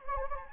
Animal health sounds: mosquito wingbeat signal from an infrared sensor; Anopheles gambiae

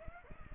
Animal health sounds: mosquito wingbeat signal from an infrared sensor; Aedes aegypti

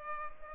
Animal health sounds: mosquito wingbeat signal from an infrared sensor; Culex pipiens

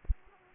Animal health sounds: mosquito wingbeat signal from an infrared sensor; Aedes aegypti

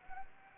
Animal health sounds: mosquito wingbeat signal from an infrared sensor; Anopheles arabiensis

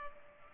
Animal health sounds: mosquito wingbeat signal from an infrared sensor; Culex pipiens

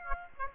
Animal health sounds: mosquito wingbeat signal from an infrared sensor; Aedes aegypti

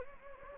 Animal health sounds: mosquito wingbeat signal from an infrared sensor; Anopheles gambiae

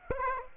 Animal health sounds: mosquito wingbeat signal from an infrared sensor; Aedes aegypti

